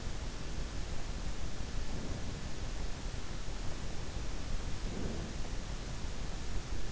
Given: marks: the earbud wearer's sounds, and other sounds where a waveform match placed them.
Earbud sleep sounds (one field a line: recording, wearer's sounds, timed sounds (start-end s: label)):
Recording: sounds in sleep by an in-ear microphone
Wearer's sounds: breath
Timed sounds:
1.68-2.59 s: breath
4.74-5.36 s: breath